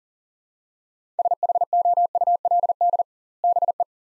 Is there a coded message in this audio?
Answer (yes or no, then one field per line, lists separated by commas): yes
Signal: Morse code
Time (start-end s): 1.2-3.8 s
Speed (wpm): 40 wpm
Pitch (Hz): 700 Hz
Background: none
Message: SHOULD BE